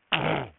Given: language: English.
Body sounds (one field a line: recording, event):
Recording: throat vibration sensor signal played as sound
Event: throat clearing